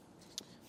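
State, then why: Seated. The slatted top panel of a Kelty Black Fern Rad-Arondack collapsible camp table is fitted over the frame lip on one side and pressed down. It snaps into place with a sharp click at 0.4 s, over a quiet background, seating the panel onto the frame.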